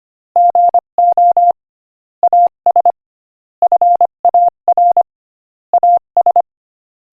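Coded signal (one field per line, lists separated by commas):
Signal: Morse code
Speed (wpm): 25 wpm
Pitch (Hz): 700 Hz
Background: none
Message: GO AS FAR AS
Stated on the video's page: Morse code listening practice at 25 wpm, inspirational quotation.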